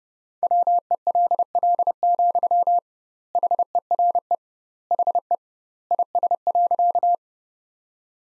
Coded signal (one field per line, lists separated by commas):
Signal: Morse code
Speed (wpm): 32 wpm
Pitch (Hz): 700 Hz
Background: none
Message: WELL, HERE HE IS.